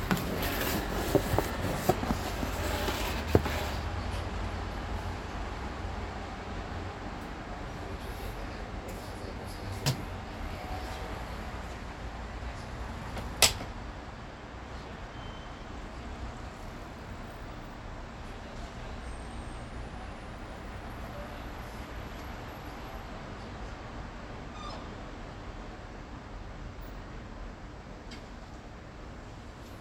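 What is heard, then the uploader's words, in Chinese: Steady, dense traffic noise on a city road, with a low rumble underneath throughout. The first few seconds are busier, with short clicks and knocks; sharp single bangs come near 10 and 13 seconds, then the hum settles into an even, slightly quieter wash. 內湖路剛才的聲音。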